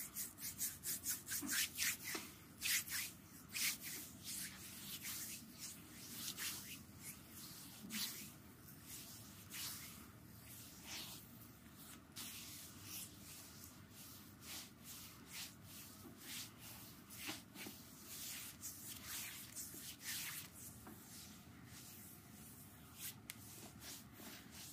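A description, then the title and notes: A foot massage rubs on steadily, with quick bright skin-brushing strokes in dense clusters over a low constant murmur, busiest early on. Intense asmr foot relaxing massage. Acupressure technique. Intense foot relaxing massage.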